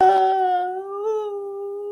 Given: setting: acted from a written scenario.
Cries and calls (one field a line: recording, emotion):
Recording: vocal sound without words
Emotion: sadness